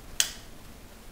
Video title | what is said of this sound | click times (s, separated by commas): Review: XShot iPhone 4 Case | lever comes up a little bit and it's locked into place in order to take it off you have to pull the lever | 0.2 s